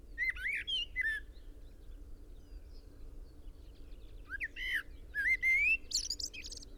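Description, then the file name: Common blackbird singing: a fluty warbled phrase, a quiet pause, then a longer phrase of mellow whistles finishing in thin, high, chattering squeaks. "Turdus merula"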